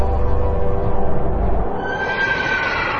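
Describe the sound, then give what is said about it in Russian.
A horse neighs loudly, a rough, quavering whinny over a low rumble that drops away after about a second and a half, leaving a thinner, higher tail. No one speaks. Two riders, a knight on a black horse and a lady on a white horse, wait at a bridge spanning two high cliffs. “На той стороне моста путники разглядели две фигуры на лошадях.”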